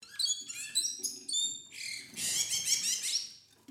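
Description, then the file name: Bird calls: clear, high, ringing chirps repeated in quick succession, then a dense burst of buzzy, scratchy chatter that carries on for over a second. "Voegel"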